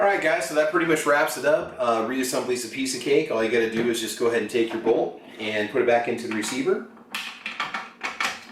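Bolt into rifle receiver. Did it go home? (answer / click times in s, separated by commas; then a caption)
yes / 8.2 s. Someone talks, then the steel bolt of a Christensen Arms Ridgeline 6.5 Creedmoor rifle is slid back into the receiver, with short metallic sounds from about 7.2 to 7.7 s. At 8.2 s the bolt-stop lever tab clicks over, seating the bolt and retaining it in the receiver.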